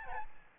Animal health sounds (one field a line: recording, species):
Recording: mosquito wingbeat signal from an infrared sensor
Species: Aedes albopictus